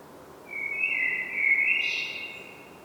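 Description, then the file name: Common blackbird song: a single mellow, fluted whistled phrase held low and steady, finished with a brief higher squeaky flourish, over a faint background hiss. "Turdus merula"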